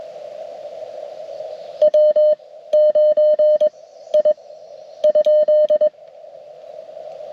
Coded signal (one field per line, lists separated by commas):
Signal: Morse code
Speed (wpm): 21 wpm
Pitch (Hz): 610 Hz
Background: radio noise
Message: W 9 I ?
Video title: Gravel Roads and Radio Codes: A Successful CW Activation!